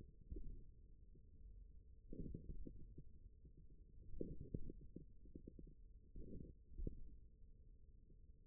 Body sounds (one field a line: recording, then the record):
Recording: forearm muscle sounds (acoustic myography)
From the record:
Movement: finger pinch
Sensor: system 1, eight BSWA MPA416 microphones around the upper forearm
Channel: 7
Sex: male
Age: 41 years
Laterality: right